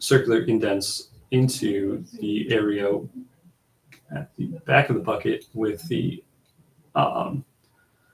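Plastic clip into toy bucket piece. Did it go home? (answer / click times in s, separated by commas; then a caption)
no / none. Someone talks while handling a plastic clip with circular indents, placing it into the slot at the back of an orange toy brick bucket. Speech fills most of the clip, with short pauses between phrases. The clip has not been pushed home yet, and nothing has seated or clicked.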